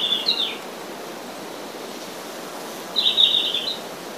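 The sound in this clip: Red-flanked bluetail song: two short, high warbled phrases about three seconds apart, over a steady background hiss.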